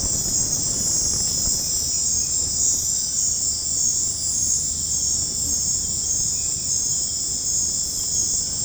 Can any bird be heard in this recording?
no